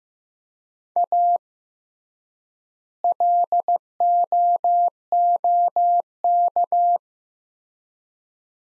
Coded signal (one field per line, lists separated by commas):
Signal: Morse code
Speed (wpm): 15 wpm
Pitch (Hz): 700 Hz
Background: none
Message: A LOOK